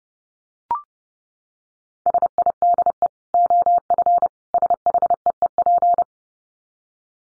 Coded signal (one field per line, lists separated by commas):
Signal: Morse code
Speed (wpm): 30 wpm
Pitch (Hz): 700 Hz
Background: none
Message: SIDE OF SHEEP